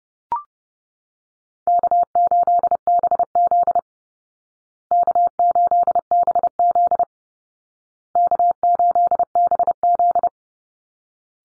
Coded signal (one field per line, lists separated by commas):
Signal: Morse code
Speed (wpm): 30 wpm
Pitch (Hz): 700 Hz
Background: none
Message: K8BZ K8BZ K8BZ